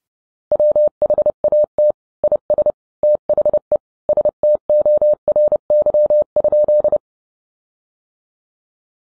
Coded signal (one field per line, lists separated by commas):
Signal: Morse code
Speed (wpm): 30 wpm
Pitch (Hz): 600 Hz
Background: none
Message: WHAT IS THE STORY?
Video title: An Eastern Telegraph Company Primer: Answering the questions you didn't know you wanted to ask